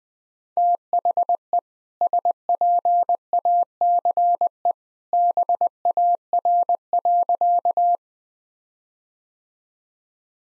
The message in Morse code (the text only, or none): THE SPACE BAR.